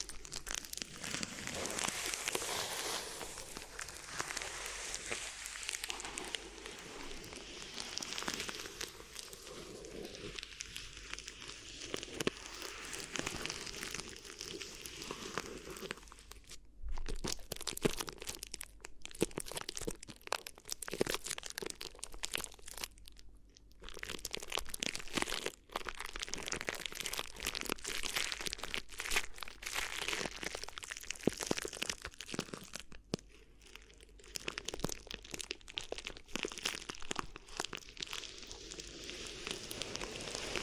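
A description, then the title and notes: Crinkly ear massage sounds: dense, continuous crinkling and crunching, bright and hissy with rapid scratchy detail throughout. The rustling varies in intensity, with brief near-silent gaps around 17, 23 and 33 seconds before the crinkling resumes. ASMR Addictive Crinkly Ear Massage (No Talking).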